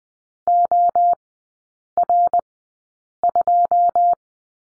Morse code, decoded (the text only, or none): OR2